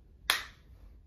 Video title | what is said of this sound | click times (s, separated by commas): ProGlove LEO wearable scanner and HandStrap demo | hear the click and | 0.3 s